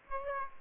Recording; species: mosquito wingbeat signal from an infrared sensor; Aedes aegypti